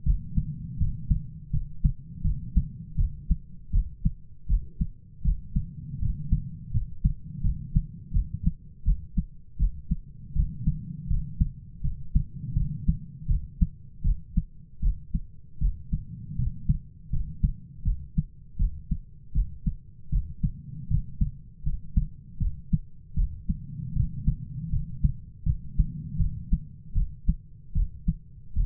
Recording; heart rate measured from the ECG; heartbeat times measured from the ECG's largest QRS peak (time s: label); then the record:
heart sounds by stethoscope; 80 bpm
0.04 s: heartbeat
0.78 s: heartbeat
1.51 s: heartbeat
2.22 s: heartbeat
2.96 s: heartbeat
3.71 s: heartbeat
4.47 s: heartbeat
5.23 s: heartbeat
6.00 s: heartbeat
6.72 s: heartbeat
7.42 s: heartbeat
8.12 s: heartbeat
8.84 s: heartbeat
9.57 s: heartbeat
10.34 s: heartbeat
11.08 s: heartbeat
11.82 s: heartbeat
12.54 s: heartbeat
13.27 s: heartbeat
14.03 s: heartbeat
14.81 s: heartbeat
15.59 s: heartbeat
16.37 s: heartbeat
17.11 s: heartbeat
17.84 s: heartbeat
18.57 s: heartbeat
19.33 s: heartbeat
20.10 s: heartbeat
20.89 s: heartbeat
21.64 s: heartbeat
22.39 s: heartbeat
23.15 s: heartbeat
23.94 s: heartbeat
24.70 s: heartbeat
25.44 s: heartbeat
26.18 s: heartbeat
26.94 s: heartbeat
27.74 s: heartbeat
28.54 s: heartbeat
From the record:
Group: healthy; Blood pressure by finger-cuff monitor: 109/67 mmHg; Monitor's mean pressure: 82 mmHg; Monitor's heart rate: 80 bpm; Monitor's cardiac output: 7.9 L/min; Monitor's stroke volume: 98 mL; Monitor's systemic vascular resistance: 770 dyn s/cm5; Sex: male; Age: 33 years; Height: 179 cm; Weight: 80.4 kg